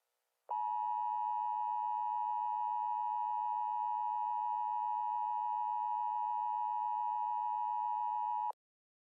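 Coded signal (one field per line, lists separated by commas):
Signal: Emergency Alert System (SAME) tones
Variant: 853 and 960 Hz attention tone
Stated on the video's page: Fictional Emergency Alert System scenario for a Honolulu tsunami; a simulated alert, not real.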